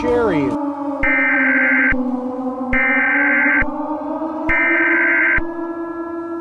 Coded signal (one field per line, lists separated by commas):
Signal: Emergency Alert System (SAME) tones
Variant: header bursts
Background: speech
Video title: EAS SCENARIO #44: LAVA FULL SERIES